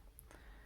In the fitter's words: and just usually two clicks will do the job i wouldn't go all the way to three